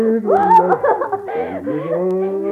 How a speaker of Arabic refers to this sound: تبدأ الحيوانات في العويل بحزن